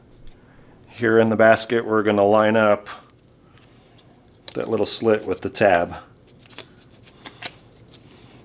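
A recoil starter basket (reel) is handled over the starter housing of a Honda GC series small engine during a starter rebuild, with its slit being lined up with the tab in the housing. Someone talks, then a few light handling taps follow near 6.6 s and 7.5 s. Nothing has seated or clicked into place yet.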